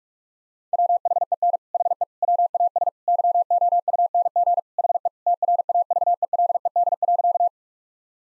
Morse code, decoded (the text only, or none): WHEN HE WAS YOUNG HE TRAVELED.